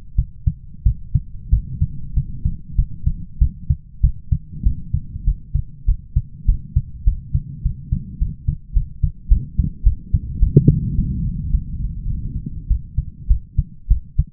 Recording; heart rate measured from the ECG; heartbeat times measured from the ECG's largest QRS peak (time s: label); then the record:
heart sounds by stethoscope; 101 bpm
0.16 s: heartbeat
0.84 s: heartbeat
1.50 s: heartbeat
2.15 s: heartbeat
2.76 s: heartbeat
3.39 s: heartbeat
4.02 s: heartbeat
4.64 s: heartbeat
5.25 s: heartbeat
5.86 s: heartbeat
6.46 s: heartbeat
7.05 s: heartbeat
7.63 s: heartbeat
8.19 s: heartbeat
8.74 s: heartbeat
9.29 s: heartbeat
9.84 s: heartbeat
10.40 s: heartbeat
10.96 s: heartbeat
11.50 s: heartbeat
12.07 s: heartbeat
12.68 s: heartbeat
13.28 s: heartbeat
13.88 s: heartbeat
From the record:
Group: healthy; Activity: cold pressor test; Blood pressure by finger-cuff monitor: 174/127 mmHg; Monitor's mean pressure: 143 mmHg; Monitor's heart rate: 103 bpm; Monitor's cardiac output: 7.9 L/min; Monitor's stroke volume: 77 mL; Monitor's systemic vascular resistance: 1390 dyn s/cm5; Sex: male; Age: 23 years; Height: 179 cm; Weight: 87 kg